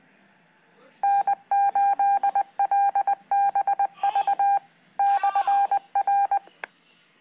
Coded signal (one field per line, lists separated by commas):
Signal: Morse code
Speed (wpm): 20 wpm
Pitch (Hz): 800 Hz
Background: none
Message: N8LBV /R